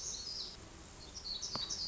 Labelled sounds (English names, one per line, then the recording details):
Black-throated Gray Warbler
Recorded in Sonoma County, California